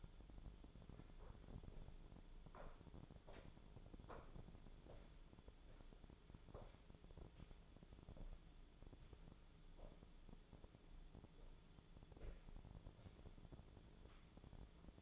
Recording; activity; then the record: daily activity, microphone in the room; walk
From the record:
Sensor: 5